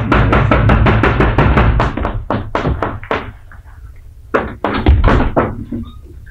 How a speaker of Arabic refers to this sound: ويحك يا غلام، انظر من يدق الباب بهذه الصورة المزعجة.